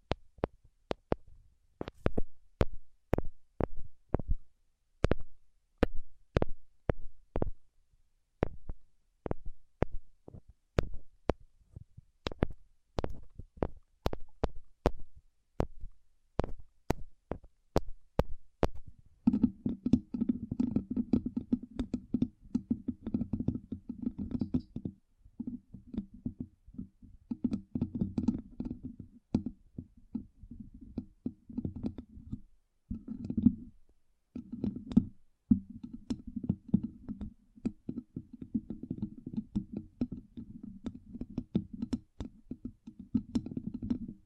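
Tapping sounds for a tingle treatment, without talking. For the first nineteen seconds, sharp, crisp taps land in quick irregular bursts with short gaps between them. After that the tapping turns denser and duller, with a low, muffled thud running under the steady clicks.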